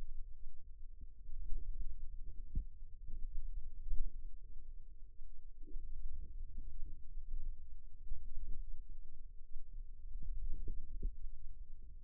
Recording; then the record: forearm muscle sounds (acoustic myography)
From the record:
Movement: radial deviation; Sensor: system 2, bracelet of six BSWA MPA416 microphones around the upper forearm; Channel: 5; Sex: female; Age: 22 years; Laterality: right